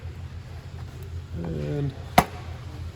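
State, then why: Seated. The stove exhaust vent flap on the outside wall of a 2022 Wildwood 179DBK travel trailer is pushed closed by hand until it latches. Someone talks briefly over a low background rumble, then a sharp click comes at 2.2 seconds. The flap is seated and closed off.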